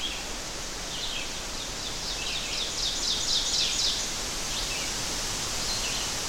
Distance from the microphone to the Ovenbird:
about 35 m